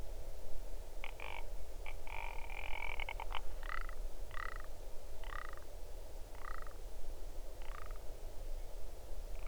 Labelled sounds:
grouse or ptarmigan
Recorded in the Arctic National Wildlife Refuge, Alaska, on 8 June 2019 at 00:52
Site 40

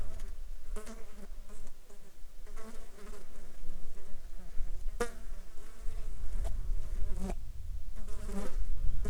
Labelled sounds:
insects
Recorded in the Arctic National Wildlife Refuge, Alaska, on 11 July 2019 at 12:28
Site 35

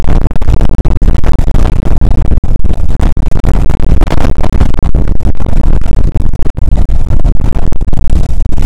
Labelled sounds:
wind
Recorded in the Prudhoe Bay oil fields, Alaska, on 2 August 2019 at 01:30
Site 29

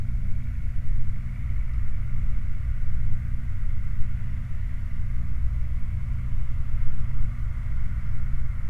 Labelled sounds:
machinery, flare stack
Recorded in the Prudhoe Bay oil fields, Alaska, on 8 July 2019 at 01:00
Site 29

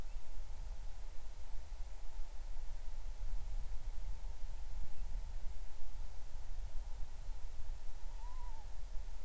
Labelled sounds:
bird
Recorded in the Arctic National Wildlife Refuge, Alaska, on 20 July 2019 at 03:02
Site 38

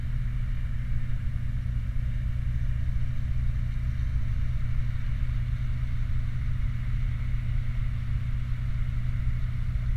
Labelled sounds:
vehicle
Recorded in the Prudhoe Bay oil fields, Alaska, on 29 July 2019 at 00:41
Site 29

